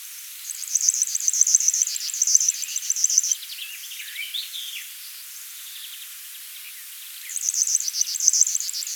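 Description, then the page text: River warbler song, rapid high mechanical buzzing pulses in two long bursts at start and end, with softer varied bird notes between. "River Warbler Song. Quick Sounds"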